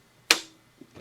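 While taking apart an Xbox 360 game console, a plastic retaining clip on the outer case is pushed in so it releases from the housing. One sharp, loud click is heard at 0.3 s, followed by faint small sounds near 1.0 s. The clip clicks open and is released.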